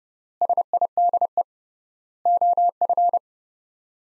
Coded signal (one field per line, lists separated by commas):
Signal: Morse code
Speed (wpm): 32 wpm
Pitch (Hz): 700 Hz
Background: none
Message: SIDE OF